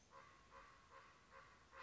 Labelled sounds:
Common Raven (Corvus corax)
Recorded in Sonoma County, California

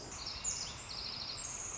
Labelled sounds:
Pacific Wren (Troglodytes pacificus)
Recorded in Sonoma County, California

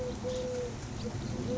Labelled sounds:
Eurasian Collared Dove (Streptopelia decaocto)
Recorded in Sonoma County, California

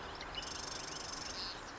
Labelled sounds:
Marsh Wren (Cistothorus palustris)
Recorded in Sonoma County, California

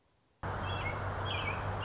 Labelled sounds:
American Robin (Turdus migratorius)
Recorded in Sonoma County, California

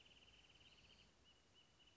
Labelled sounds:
Wrentit (Chamaea fasciata)
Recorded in Sonoma County, California

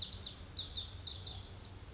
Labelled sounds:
Pacific Wren (Troglodytes pacificus)
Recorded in Sonoma County, California

